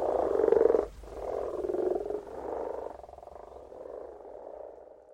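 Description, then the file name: Frog croaks in a few loud pulsed bursts at first, then gradually weakening to a faint rattling trill. "Frogs - Frog voises Sounds captured"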